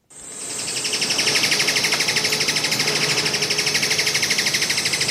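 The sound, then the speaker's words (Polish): A recording of an Alagoas foliage gleaner, a bird species that went extinct in 2018, calling in a fast, unbroken high-pitched trill, its rapid repeated notes pulsing steadily and loudly for about five seconds with no voices. “Posłuchajmy Alagoas foliage gleaner, czyli liściowca leśnego.”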